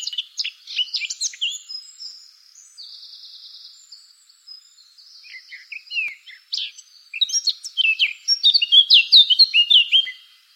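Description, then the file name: Eurasian blackcap song, a scratchy warble that fades, then returns building into a louder run of clear, fluty phrases at the end. Recorded on 24 April 2013. "24 04 2013 Moenchsgrasmuecke"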